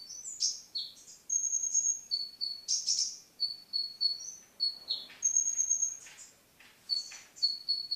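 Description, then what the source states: Sunbird singing a lively mix of high, sharp chips and short, shrill trills, fast and slightly uneven in rhythm. Mountain sunbird, described as a champion songbird.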